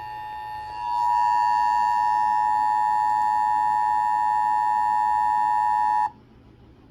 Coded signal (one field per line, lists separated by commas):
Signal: Emergency Alert System (SAME) tones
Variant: 853 and 960 Hz attention tone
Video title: EAS 698-699 - LWX SMW and Relay